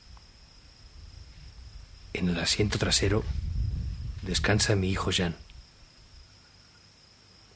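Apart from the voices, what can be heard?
crickets chirping at night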